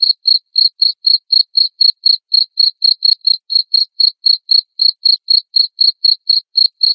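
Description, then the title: Cricket giving loud, even chirps, short shrill pulses at a regular pace of roughly four each second, nothing else audible. Loud cricket chirping (ngerik) played to make lovebirds keep singing (ngekek). "Suara JANGKRIK NGERIK Keras Bikin LOVEBIRD Jadi NGEKEK Terus Vubey"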